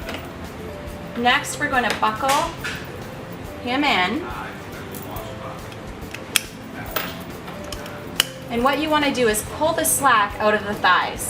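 Someone talks while buckling a child into a 2018 UPPAbaby MESA infant car seat, pushing the metal harness tongues into the crotch buckle. Two loud, sharp clicks sound at 6.4 s and 8.2 s as the tongues seat in the buckle.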